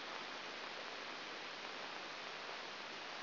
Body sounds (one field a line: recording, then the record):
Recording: brain microelectrode recording played as sound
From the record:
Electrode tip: outside the subthalamic nucleus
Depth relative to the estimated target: -7 mm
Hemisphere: right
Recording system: AlphaMap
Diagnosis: Parkinson's disease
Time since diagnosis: 7 years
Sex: female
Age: 49 years